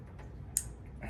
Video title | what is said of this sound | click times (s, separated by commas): Installing Smoked Sequential Turn Signals In My R53 Mini Cooper S￼ | There you go. So you hear the click. | 0.6 s